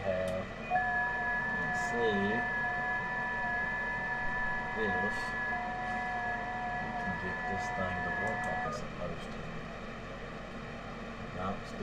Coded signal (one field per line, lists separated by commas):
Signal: FT8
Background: speech